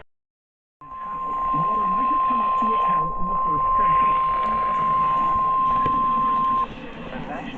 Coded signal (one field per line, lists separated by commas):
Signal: Emergency Alert System (SAME) tones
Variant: 1050 Hz attention tone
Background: speech